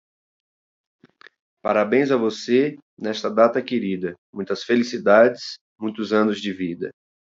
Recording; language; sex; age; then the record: short text; Brazilian Portuguese; male; 40 to 49 years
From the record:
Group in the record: control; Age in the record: 48 years